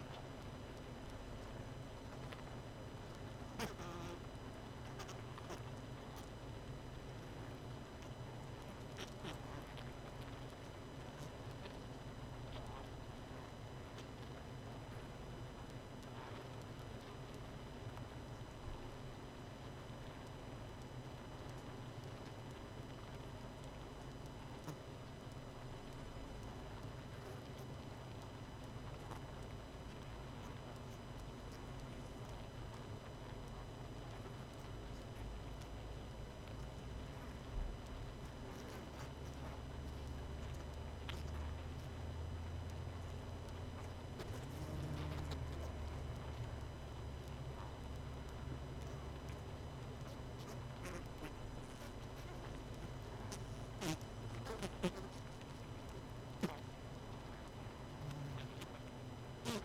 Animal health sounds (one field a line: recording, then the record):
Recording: honeybee colony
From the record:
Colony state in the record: missing queen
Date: 31 May 2018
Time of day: 20:04